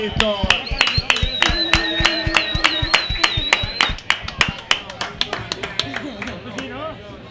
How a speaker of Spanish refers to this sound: Y todo natural. Un aplauso de todo el mundo.